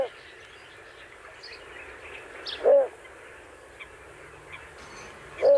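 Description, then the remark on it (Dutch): Two short, hoarse barking calls from a heron-like bird that is white with a black back and wings, a light orange breast and a red bill, about three seconds apart, each a loud low croak standing out over a steady background hiss. “We hebben het geluid, kunnen we even laten horen”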